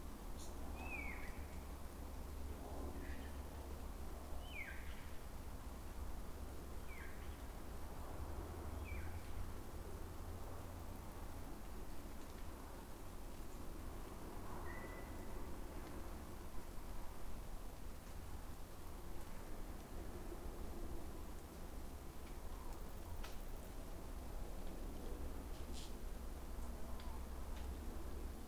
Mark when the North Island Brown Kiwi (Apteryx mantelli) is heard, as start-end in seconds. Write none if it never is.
none